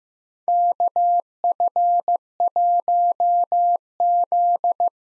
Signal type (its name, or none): Morse code